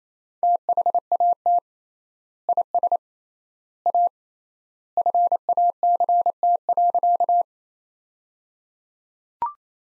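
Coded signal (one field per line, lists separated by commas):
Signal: Morse code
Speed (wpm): 28 wpm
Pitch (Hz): 700 Hz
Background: none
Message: THAT IS A FACT.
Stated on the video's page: Sentence practice from top 500 words at 28 wpm with 3x standard word spacing, a Farnsworth-like method using words instead of characters.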